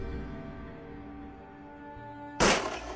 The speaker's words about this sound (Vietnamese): Dứt câu, hắn nổ súng, một viên đạn bắn thẳng vào cánh tay của Bác Toàn.